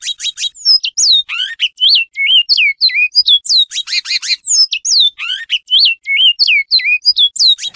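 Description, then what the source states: Great-billed Seed-Finch song: loud, clear whistled notes, many hooked and slurred, mixed with rich buzzy chords, in a varied series. Uberaba dialect, one of the rarest song types, which breeders of captive birds separate into categories.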